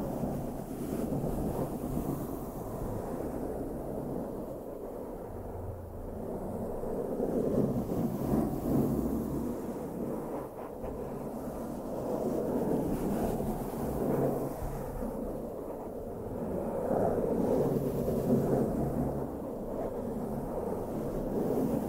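Continuous brushing against a microphone, a dense, muffled rumble with no talking. The sound stays low, swelling and easing in slow waves every few seconds, with faint scratchy flickers on top but little brightness.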